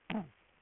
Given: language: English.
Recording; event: throat vibration sensor signal played as sound; throat clearing